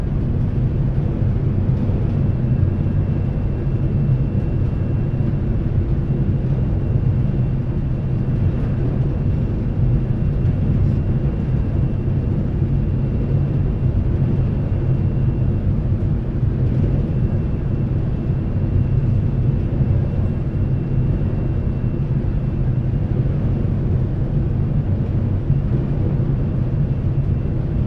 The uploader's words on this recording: Seattle Inbound Front Car Deck Transit Stereo. Round-trips on the Seattle-Bainbridge Island Ferry, nearly all short fore-and-aft from then passenger and car decks.